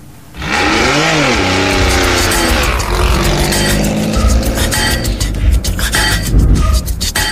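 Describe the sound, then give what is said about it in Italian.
A two-stroke moped engine kicks in loudly, revving up and down in a rising, falling whine before settling into a steady, buzzing, rattly drone that runs to the end. “Cosa c'è scritto sul motorino? Motore a 2 tempi, oh no, merda!”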